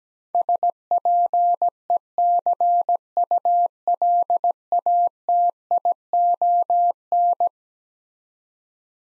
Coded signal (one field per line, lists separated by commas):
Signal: Morse code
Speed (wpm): 17 wpm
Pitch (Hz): 700 Hz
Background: none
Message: SPECULATION